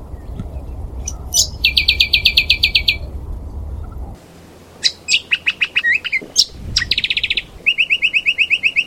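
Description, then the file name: Brown honeyeater singing rich, rapid trills of clear repeated notes, mixed with quick sharp chirps and slurred whistles, over a faint low rumble. "audio lichmera indistincta"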